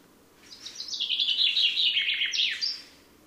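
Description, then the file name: Common chaffinch song: one cheerful trilled phrase running down the scale in quick steps and closing with a sharp flourish. "Fringilla coelebs"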